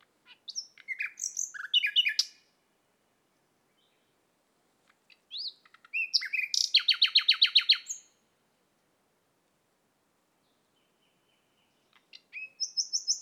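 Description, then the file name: Common nightingale song: three phrases of varied whistles and chirps, the middle one ending in a rapid repeated rattle, separated by silent pauses. "Luscinia megarhynchos"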